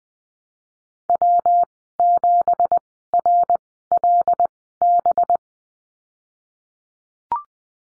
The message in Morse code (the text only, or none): W7RLB